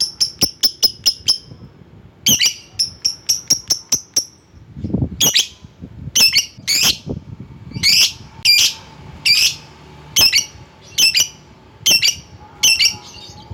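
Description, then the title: Lovebird calls, a quick series of high chirps followed by loud harsh squawks repeated many times at short intervals. Lovebird calling to a rival. "Lovebird Memanggil Lawan"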